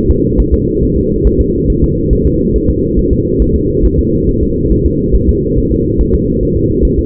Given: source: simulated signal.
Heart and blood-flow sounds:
fetal heart sounds
0.11 s: S2
0.40 s: S1
0.54 s: S2
0.83 s: S1
0.97 s: S2
1.27 s: S1
1.41 s: S2
1.70 s: S1
1.84 s: S2
2.13 s: S1
2.27 s: S2
2.56 s: S1
2.70 s: S2
2.99 s: S1
3.13 s: S2
3.42 s: S1
3.56 s: S2
3.85 s: S1
3.99 s: S2
4.29 s: S1
4.43 s: S2
4.72 s: S1
4.86 s: S2
5.15 s: S1
5.29 s: S2
5.58 s: S1
5.72 s: S2
6.01 s: S1
6.15 s: S2
6.43 s: S1
6.57 s: S2
6.85 s: S1
6.99 s: S2
From the record:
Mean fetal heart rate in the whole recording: 140 bpm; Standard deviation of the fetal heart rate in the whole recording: 2 bpm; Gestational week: 34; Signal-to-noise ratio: -14.7 dB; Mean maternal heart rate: 72 bpm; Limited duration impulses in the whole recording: present

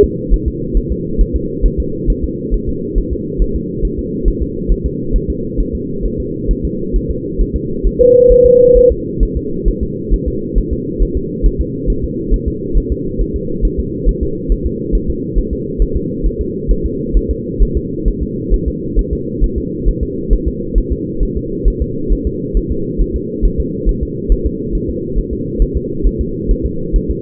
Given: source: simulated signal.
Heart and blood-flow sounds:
fetal heart sounds
0.04 s: S2
0.33 s: S1
0.48 s: S2
0.77 s: S1
0.92 s: S2
1.21 s: S1
1.36 s: S2
1.65 s: S1
1.80 s: S2
2.10 s: S1
2.24 s: S2
2.54 s: S1
2.69 s: S2
2.98 s: S1
3.13 s: S2
3.42 s: S1
3.56 s: S2
3.85 s: S1
3.99 s: S2
4.28 s: S1
4.43 s: S2
4.71 s: S1
4.86 s: S2
5.16 s: S1
5.30 s: S2
5.60 s: S1
5.75 s: S2
6.06 s: S1
6.20 s: S2
6.51 s: S1
6.65 s: S2
6.96 s: S1
7.11 s: S2
7.41 s: S1
7.56 s: S2
7.87 s: S1
8.01 s: S2
8.32 s: S1
8.46 s: S2
8.77 s: S1
8.92 s: S2
9.23 s: S1
9.37 s: S2
9.68 s: S1
9.83 s: S2
10.14 s: S1
10.28 s: S2
10.58 s: S1
10.73 s: S2
11.02 s: S1
11.17 s: S2
11.46 s: S1
11.61 s: S2
11.90 s: S1
12.04 s: S2
12.34 s: S1
12.48 s: S2
12.77 s: S1
12.92 s: S2
13.21 s: S1
13.36 s: S2
13.65 s: S1
13.80 s: S2
14.09 s: S1
14.23 s: S2
14.52 s: S1
14.66 s: S2
14.95 s: S1
15.10 s: S2
15.38 s: S1
15.53 s: S2
15.82 s: S1
15.96 s: S2
16.26 s: S1
16.41 s: S2
16.71 s: S1
16.86 s: S2
17.17 s: S1
17.31 s: S2
17.62 s: S1
17.77 s: S2
18.08 s: S1
18.23 s: S2
18.54 s: S1
18.68 s: S2
18.99 s: S1
19.13 s: S2
19.44 s: S1
19.58 s: S2
19.88 s: S1
20.03 s: S2
20.33 s: S1
20.48 s: S2
20.78 s: S1
20.93 s: S2
21.23 s: S1
21.37 s: S2
21.68 s: S1
21.82 s: S2
22.12 s: S1
22.27 s: S2
22.57 s: S1
22.71 s: S2
23.01 s: S1
23.16 s: S2
23.45 s: S1
23.60 s: S2
23.89 s: S1
24.03 s: S2
24.32 s: S1
24.46 s: S2
24.75 s: S1
24.90 s: S2
25.18 s: S1
25.33 s: S2
25.62 s: S1
25.77 s: S2
26.06 s: S1
26.21 s: S2
26.51 s: S1
26.66 s: S2
26.96 s: S1
27.11 s: S2
From the record:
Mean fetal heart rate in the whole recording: 135 bpm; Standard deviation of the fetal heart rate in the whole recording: 3 bpm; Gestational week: 36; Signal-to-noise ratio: -6.6 dB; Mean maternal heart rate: 72 bpm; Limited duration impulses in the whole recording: present

